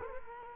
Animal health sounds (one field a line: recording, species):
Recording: mosquito wingbeat signal from an infrared sensor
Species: Culex quinquefasciatus